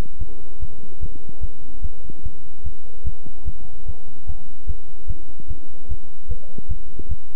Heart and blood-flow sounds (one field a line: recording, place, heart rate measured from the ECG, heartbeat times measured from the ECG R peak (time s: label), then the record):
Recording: heart sounds by stethoscope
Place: between the tricuspid and mitral areas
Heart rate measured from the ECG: 148 bpm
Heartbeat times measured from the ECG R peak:
0.19 s: heartbeat
0.60 s: heartbeat
1.01 s: heartbeat
1.41 s: heartbeat
1.82 s: heartbeat
2.24 s: heartbeat
2.64 s: heartbeat
3.05 s: heartbeat
3.45 s: heartbeat
3.86 s: heartbeat
4.27 s: heartbeat
4.67 s: heartbeat
5.08 s: heartbeat
5.48 s: heartbeat
5.89 s: heartbeat
6.29 s: heartbeat
6.69 s: heartbeat
7.09 s: heartbeat
From the record:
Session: bicycle stress test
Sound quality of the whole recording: good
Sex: male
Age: 23 years